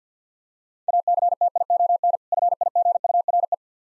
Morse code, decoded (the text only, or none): ACTION FIGURE